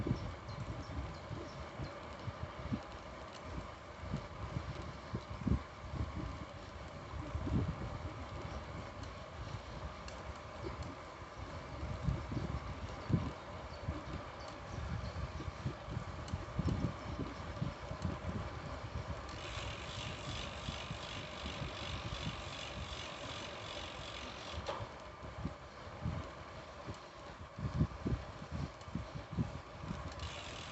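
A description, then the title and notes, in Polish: A bicycle ride through riverside forest along the Noteć, with a steady rumble and frequent low thumps and gusts of wind buffeting the microphone throughout. A faint constant hum sits underneath, and from about 19 to 25 seconds a brighter hiss rises above it. Na rowerze przez las łęgowy. Przejazd na rowerze przez las lęgowy nad Notecią w okolicy stopnia piętrzącego Gromadno.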